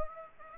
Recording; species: mosquito wingbeat signal from an infrared sensor; Aedes aegypti